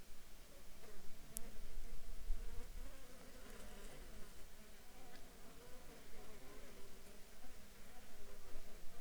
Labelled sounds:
insects
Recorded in Ivvavik National Park, Yukon, on 4 July 2019 at 15:19
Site SINP03

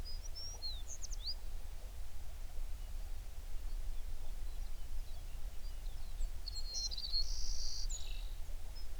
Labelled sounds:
songbird
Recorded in the Prudhoe Bay oil fields, Alaska, on 11 June 2019 at 04:47
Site 21

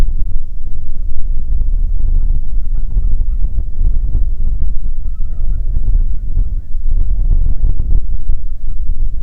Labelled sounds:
waterfowl, wind
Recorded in the Prudhoe Bay oil fields, Alaska, on 15 May 2019 at 00:02
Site 19

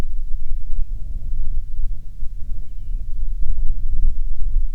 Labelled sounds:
bird, wind
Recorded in the Prudhoe Bay oil fields, Alaska, on 6 August 2019 at 05:08
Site 22

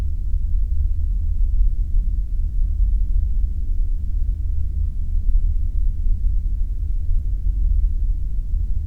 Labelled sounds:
aircraft
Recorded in the Arctic National Wildlife Refuge, Alaska, on 3 September 2019 at 01:14
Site 49

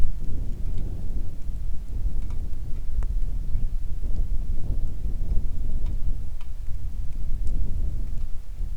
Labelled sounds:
wind, rain
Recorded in the Arctic National Wildlife Refuge, Alaska, on 3 August 2019 at 10:03
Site 41

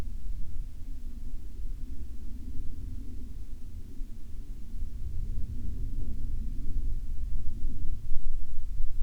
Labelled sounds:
aircraft
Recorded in the Arctic National Wildlife Refuge, Alaska, on 7 July 2019 at 00:49
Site 44

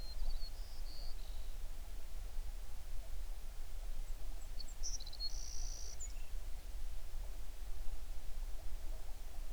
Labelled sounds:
songbird
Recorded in the Prudhoe Bay oil fields, Alaska, on 11 June 2019 at 05:35
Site 21

